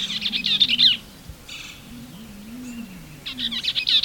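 Bell's vireo singing a hurried, jumbled warble phrase, a brief faint burst, then another chattering phrase, over a low wavering hum.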